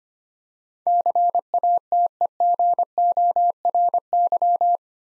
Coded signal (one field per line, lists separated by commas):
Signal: Morse code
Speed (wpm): 25 wpm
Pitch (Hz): 700 Hz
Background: none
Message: CATEGORY